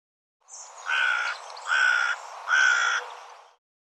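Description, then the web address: Bird calling three harsh, raspy caw-like notes, each about half a second long, spaced evenly under a second apart. "cianscape birddata Deverinetal 2025"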